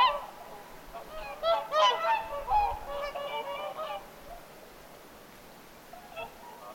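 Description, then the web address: Whooper swans giving overlapping trumpeting honks, a dense burst in the first four seconds that fades to a few scattered calls. Several whooper swans calling at Lintulahti on 6 November 2025. "paivat 6 11 2025 laulujoutsenten aantelya lintulahdella"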